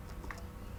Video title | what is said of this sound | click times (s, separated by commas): How to find a blockage in vacuum cleaner - How to fix vacuum..Loss of suction | see just clicks | 0.3 s